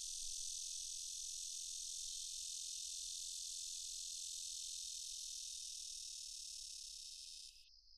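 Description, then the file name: Insect buzzing: a steady, dense, high-pitched drone that runs unbroken, then cuts off sharply near seven and a half seconds, leaving a faint thin trace, over a low hum. Loud buzzing. "Bugs Buzzing Loud"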